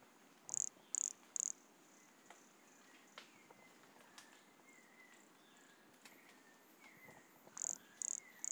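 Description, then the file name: Pumpkin toadlet calling: short, high, buzzy pulsed notes in a run of three, a long pause, then three more; faint descending whistles underneath. Recorded at Monte Crista, Brazil, in November 2016, 100 cm from the microphone. "Brachycephalus sulfuratus Monte Crista 100 cm from microphone Luiz Fernando Ribeiro NOV-2016"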